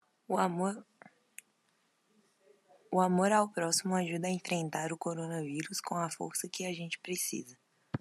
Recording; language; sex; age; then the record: spoken sentence; Brazilian Portuguese; female; 20 to 29 years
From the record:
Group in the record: control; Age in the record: 25 years